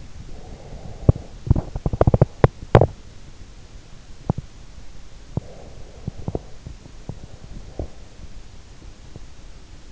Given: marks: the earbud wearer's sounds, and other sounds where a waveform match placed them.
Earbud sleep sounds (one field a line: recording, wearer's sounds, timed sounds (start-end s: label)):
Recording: sounds in sleep by an in-ear microphone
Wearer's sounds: breath, teeth grinding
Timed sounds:
0.00-3.24 s: breath
0.84-8.15 s: teeth grinding